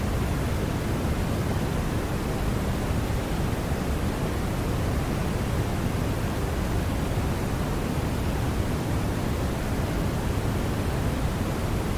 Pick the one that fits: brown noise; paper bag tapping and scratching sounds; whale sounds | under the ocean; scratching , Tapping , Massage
brown noise